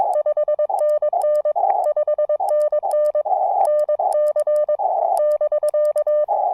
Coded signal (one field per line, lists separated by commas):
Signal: Morse code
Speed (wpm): 22 wpm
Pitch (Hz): 1800 Hz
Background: none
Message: 5NN 5NN NC <BK>